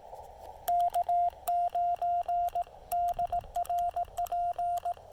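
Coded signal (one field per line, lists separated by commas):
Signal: Morse code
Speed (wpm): 18 wpm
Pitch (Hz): 690 Hz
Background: radio noise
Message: K9DRP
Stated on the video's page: QRP CW park activation using a Yaesu FT-817ND, Elecraft T1 tuner and a wire antenna.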